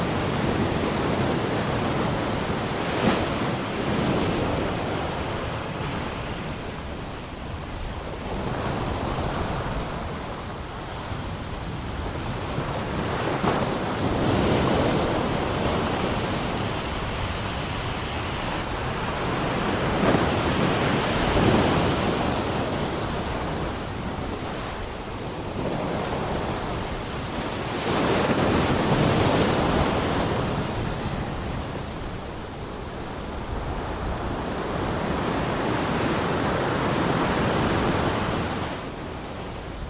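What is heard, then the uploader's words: Sea waves crash against a pier in a dense, continuous wash of water. The rush swells and recedes in slow surges roughly every seven seconds, each crash bringing a brighter hiss over a deep, steady rumble. No other sounds stand out. Sea Waves Against the Pier: Relaxing Ocean Ambience. In this episode, you'll hear the soothing sounds of sea waves crashing against the pier. The rhythmic ebb and flow of the waves.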